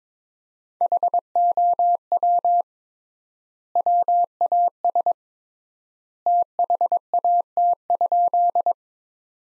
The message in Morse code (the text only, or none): HOW WAS THAT?